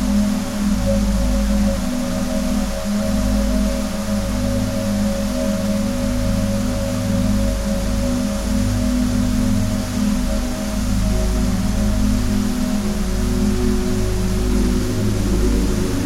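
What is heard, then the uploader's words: Deep, sustained music tones hum steadily under a constant wash of flowing water. Low droning notes around the bottom dominate, with a few held higher tones shifting slowly, while the soft hiss of water fills the upper range evenly throughout. Relaxing Water flow sound with deep Relaxing Music.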